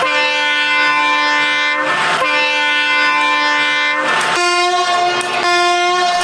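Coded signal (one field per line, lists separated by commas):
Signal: train horn signal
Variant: Indian Railways locomotive horn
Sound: loud locomotive horn blasts held long, broken by short air hisses, pitch shifts midway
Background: train noise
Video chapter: 9:00 Engine problem - how to express the signal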